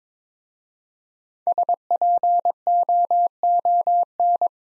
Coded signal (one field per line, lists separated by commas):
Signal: Morse code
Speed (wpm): 22 wpm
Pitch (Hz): 700 Hz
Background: none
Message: SPOON